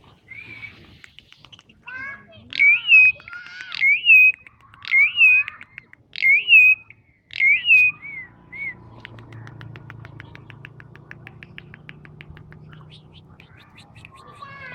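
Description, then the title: Javan pied starling giving loud whistled notes that rise then fall, repeated about every second, followed by a fast buzzy rattling series over a low hum. Recorded in Karawang. "jalak suren istimewa karawang"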